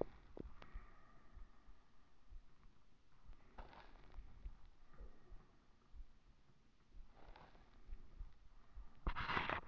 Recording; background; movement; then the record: deep breathing; quiet; sitting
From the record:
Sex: female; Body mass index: 21.8 kg/m2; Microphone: on the chest, facing the body